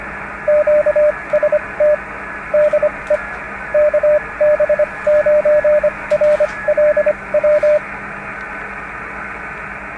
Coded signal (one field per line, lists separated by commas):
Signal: Morse code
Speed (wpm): 25 wpm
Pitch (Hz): 600 Hz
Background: radio noise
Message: QST DE KB9RLW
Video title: Ham Radio - 2 meter handheld radio performance improvement! Counterpoise.